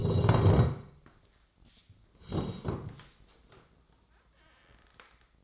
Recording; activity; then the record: daily activity, microphone in the room; sit down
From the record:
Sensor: 3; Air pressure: 1012.3 hPa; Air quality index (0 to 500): 175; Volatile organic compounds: 3 ppm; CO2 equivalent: 1340 ppm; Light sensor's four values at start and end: 68/177/76/86 and 105/238/111/133